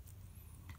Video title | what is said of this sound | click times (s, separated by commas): How to set up time your watch การตั้งวันและวันที่นาฬิกาแบบเข็ม | งล็อก1ล็อก2คือดันเข้าไปจนสุดนะครับกรึ๊บเรี | 0.1 s, 0.7 s